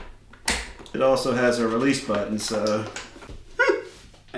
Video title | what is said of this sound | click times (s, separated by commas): Mind-Blowing Pressure Washer Proved Us Wrong (A Quick Review) | This just clicks into the bottom, so let's give it a shot. | 0.5 s